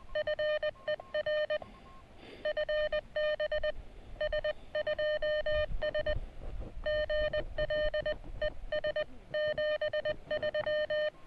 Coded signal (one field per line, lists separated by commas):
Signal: Morse code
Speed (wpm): 20 wpm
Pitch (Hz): 590 Hz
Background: none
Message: FER FB S2S GL ES 73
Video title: Gear Failure Cuts Our SOTA Ski Trip Short